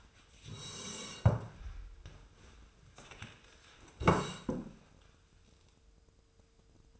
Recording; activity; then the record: daily activity, microphone in the room; sit down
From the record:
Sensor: 2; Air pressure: 1005.1 hPa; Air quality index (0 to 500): 99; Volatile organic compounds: 2 ppm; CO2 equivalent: 1203 ppm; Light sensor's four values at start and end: 6/15/6/7 and 8/19/8/8